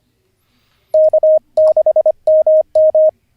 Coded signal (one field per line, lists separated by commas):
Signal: Morse code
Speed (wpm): 25 wpm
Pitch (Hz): 620 Hz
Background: none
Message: K6MM